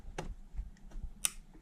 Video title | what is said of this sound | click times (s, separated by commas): Volvo Air Filter Replacement | Wait till it clicks. | 1.2 s